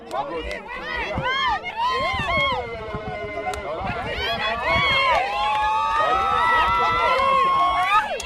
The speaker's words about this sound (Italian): E poi i parenti, i familiari, con le loro urla allegre celebrano la vittoria dei più bravi, ma consolano anche chi taglia il traguardo lontano dai primi.